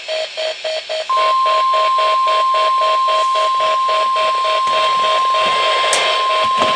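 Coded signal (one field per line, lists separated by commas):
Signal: Emergency Alert System (SAME) tones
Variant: 1050 Hz attention tone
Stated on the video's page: Weekly test on a weather radio station.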